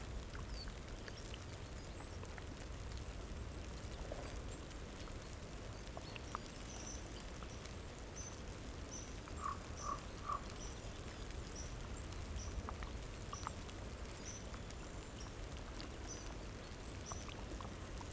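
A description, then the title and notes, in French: A frozen lake in the Jura, with a steady low rumble and dense crackling texture throughout. A sequence of brief high chirps repeats at roughly regular intervals from about seven seconds on, and a cluster of three short tones rings out near ten seconds. Lac Gelé. Silences poudreux et cristaux en apesanteur, dans l'épaisseur vibrante d'un moment au bord d'un lac dans le Jura. Là où même la glace se plie à la morsure du froid et se fend des chants les plus étranges, au rythme des bulles qui s'échappent.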